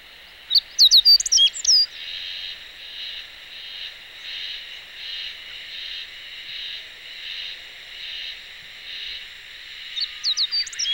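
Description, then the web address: Meadow bunting with quick phrases of sharp, slurred chirps at the start and end; a pulsing insect-like buzz repeats steadily in between. Recorded 11 May 2018. "chikushishou bird watching club 2018 5 11 hoojiro"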